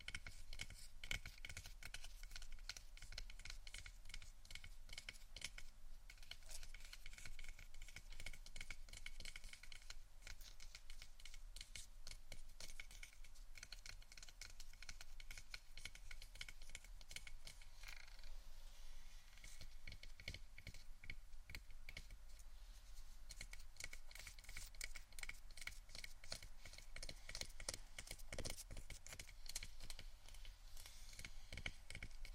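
Dense, irregular scratching and tapping on various items, with rapid clicky strikes throughout over a low steady hum in the background.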